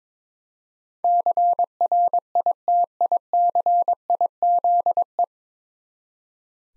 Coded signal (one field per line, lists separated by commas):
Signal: Morse code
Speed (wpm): 22 wpm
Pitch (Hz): 700 Hz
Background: none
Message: CRITICIZE